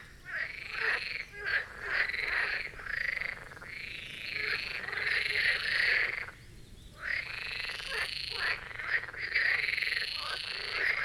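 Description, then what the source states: Loud marsh frog chorus, rough rattling croaks from many frogs overlapping nearly without pause. Chorus of marsh frogs at the Birkensee in Schönbuch, Germany, recorded on one of the first hot summer days of 2023.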